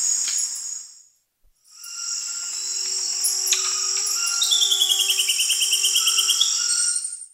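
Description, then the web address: Goeldi's monkey call: a series of high chirping notes, then a fast run of high notes sliding gradually downward, set against a constant insect drone and a low steady hum. South American rainforest primate. "Nature Songs S America Primates of the Rainforest Goeldi's monkey"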